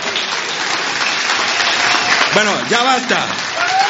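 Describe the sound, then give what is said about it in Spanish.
Dense, steady audience applause after a children's sing-along song fills the whole clip, with a man's voice briefly speaking over the clapping near the end. “Que no aplaudan.”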